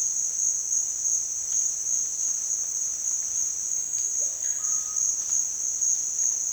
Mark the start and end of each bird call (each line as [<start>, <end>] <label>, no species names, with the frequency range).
[4.07, 5.10] bird call (0.2-2.2 kHz)